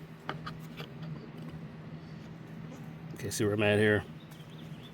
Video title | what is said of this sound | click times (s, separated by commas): Fix Your Earthquake Rototiller. Make it start! Known Problem. | and just pops in place. | 0.3 s